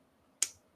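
Two pre-ballasted plastic N gauge Unitrack model railway track sections are lined up and pushed together until the joiner snaps home. After near silence, a single sharp, bright click sounds at 0.4 seconds and quickly fades. The track sections are seated and joined together.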